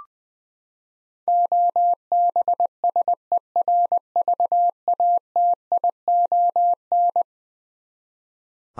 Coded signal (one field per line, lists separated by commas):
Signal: Morse code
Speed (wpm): 20 wpm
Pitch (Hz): 700 Hz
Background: none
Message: OBSERVATION